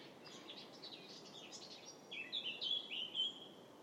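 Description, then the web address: Bird calls: faint, high chirps over a hissy background, with a clearer cluster of short, thin notes in the latter half. "Deverinetal 2025 File origin Bird Only"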